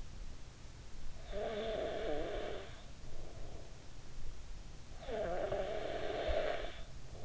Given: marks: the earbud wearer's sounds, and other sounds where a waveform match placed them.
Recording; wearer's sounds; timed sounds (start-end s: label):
sounds in sleep by an in-ear microphone; snoring breath
0.80-3.03 s: snoring breath
4.51-7.25 s: snoring breath